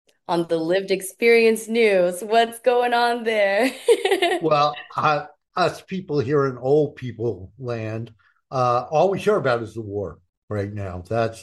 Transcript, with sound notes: on the lived experience news, what's going on there?
(laughs)
Well, uh, us people here in old people land, uh, all we hear about is the war right now.